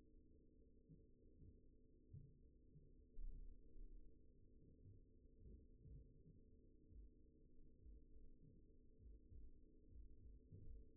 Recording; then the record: forearm muscle sounds (acoustic myography)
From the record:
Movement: finger pinch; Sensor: system 2, bracelet of six BSWA MPA416 microphones around the upper forearm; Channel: 6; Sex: male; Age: 22 years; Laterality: right